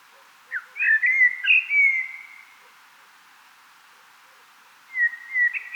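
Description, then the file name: Common blackbird singing a rich, warbling fluted phrase with slurred whistles, then a long silence before a second phrase begins near the end. "Turdus merula"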